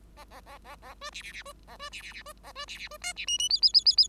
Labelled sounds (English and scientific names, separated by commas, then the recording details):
Bengalese Finch (Lonchura striata domestica) song
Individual Bird5